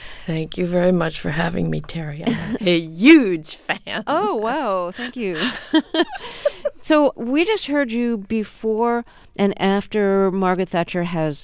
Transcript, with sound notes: Thank you very much for having me, Terry. I'm a huge fan.
Oh, wow. Thank you.
(LAUGHTER)
So we just heard you before and after Margaret Thatcher has